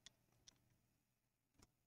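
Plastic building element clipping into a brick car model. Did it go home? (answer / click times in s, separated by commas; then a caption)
no / none. A plastic LEGO part is being pushed to clip into a Porsche Targa 10295 brick car model, but it bumps against something because the seat is mounted too far back. Only faint ticks are heard at about 0.1, 0.5 and 1.6 seconds, with no clear snap. The part has not clipped in yet.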